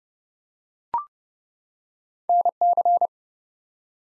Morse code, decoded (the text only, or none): NC